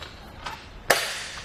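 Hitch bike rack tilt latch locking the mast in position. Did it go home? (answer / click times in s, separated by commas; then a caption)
yes / 0.9 s. The hanging mast of a Yakima RidgeBack 4-bike hitch rack on a 2021 Lexus RX 350 is tilted back up, with a soft knock at about 0.5 s. At 0.9 s its metal pivot latch snaps into the locked position with a loud, sharp click that rings briefly. The rack is confirmed locked in place.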